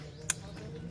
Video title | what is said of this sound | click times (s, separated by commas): MAGNETO & STATOR PREVENTIVE MAINTENANCE + TORQUE VALUE | Dapat marinig niyo yung click sound na yon | 0.3 s